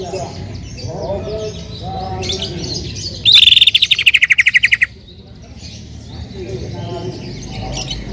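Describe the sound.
Bird song: soft twittering, then a loud, rapid pulsing trill for about one and a half seconds, sliding slightly downward, before returning to faint chirps.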